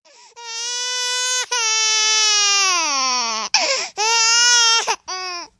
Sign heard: Baby Cry.